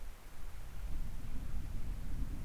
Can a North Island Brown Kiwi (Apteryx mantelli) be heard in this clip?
no